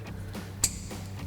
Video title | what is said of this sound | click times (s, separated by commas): 2014-2021 Tundra Barricade HD Rear Bumper Review & Install | get those snapped back into place. | 0.6 s